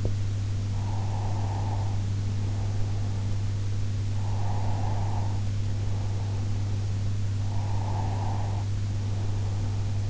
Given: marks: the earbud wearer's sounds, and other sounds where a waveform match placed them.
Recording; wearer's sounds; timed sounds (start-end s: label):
sounds in sleep by an in-ear microphone; breath
0.85-3.59 s: breath
4.05-6.74 s: breath
7.53-10.10 s: breath